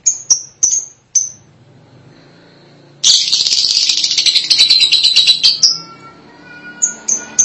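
Lovebird: a few thin high chirps, then a loud, sustained chattering trill lasting over two seconds, ending in further chirps.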